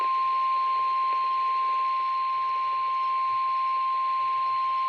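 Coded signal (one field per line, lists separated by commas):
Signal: Emergency Alert System (SAME) tones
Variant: 1050 Hz attention tone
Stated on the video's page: Required weekly test on NOAA Weather Radio.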